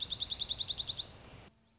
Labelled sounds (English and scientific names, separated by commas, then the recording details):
Dark-eyed Junco (Junco hyemalis)
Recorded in Sonoma County, California